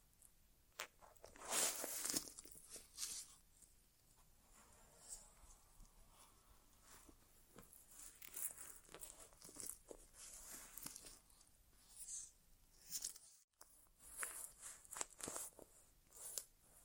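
An ASMR inner ear exam without talking: soft crinkly scratching and tapping sounds come in quick, uneven bursts throughout. A loud bright crackle stands out near the start, and the texture stays hissy and crisp, with a brief silence just after thirteen seconds.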